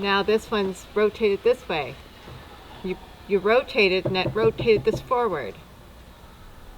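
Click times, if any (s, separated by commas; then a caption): none. Someone talks while the arm part on the awning roller of a motorized RV awning is rotated forward during refitting of the roller, so that the arm lock should engage. There is no click, and the awning arm lock does not lock in.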